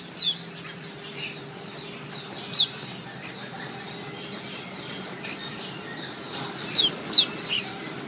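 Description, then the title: White-eye giving sharp high chirps, a few scattered early and a short cluster near the end. Female bird; chirping used as therapy to prompt silent, non-singing white-eyes to vocalise. "Suara Kicau Pleci Betina Terapi Pleci Mbisu"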